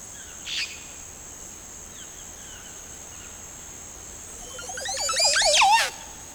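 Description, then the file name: Montezuma oropendola giving a liquid, gurgling song of rising bubbling notes near the end, closing in a sharp burst, over a steady high insect drone. "Montezuma Oropendola (Psarocolius montezuma)"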